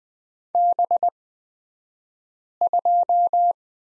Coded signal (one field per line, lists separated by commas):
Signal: Morse code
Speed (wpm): 20 wpm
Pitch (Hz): 700 Hz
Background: none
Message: B2